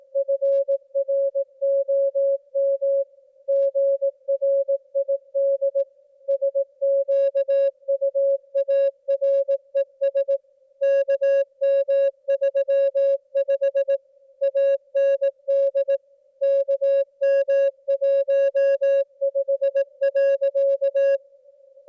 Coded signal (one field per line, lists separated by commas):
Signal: Morse code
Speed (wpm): 18 wpm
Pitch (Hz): 550 Hz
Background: music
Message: FROM GRID SQUARES KM35 AND KM15.